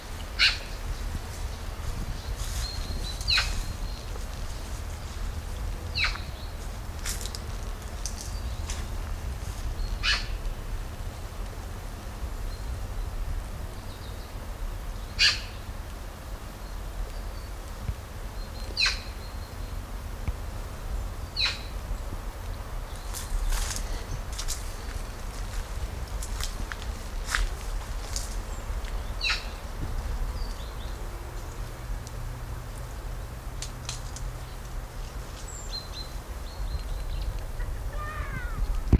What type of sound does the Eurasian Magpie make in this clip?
call